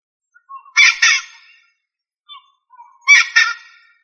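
Rail calls: a pair of harsh, grating notes, a brief quiet soft note, then another harsh double note.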